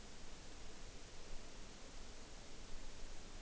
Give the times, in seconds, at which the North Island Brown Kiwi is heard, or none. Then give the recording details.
none. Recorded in New Zealand on 5 June 2013. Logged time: 02:19